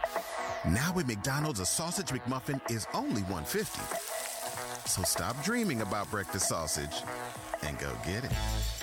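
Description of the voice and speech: An adult man speaks fluently at an even pace, with frying sizzle behind him; normal speech.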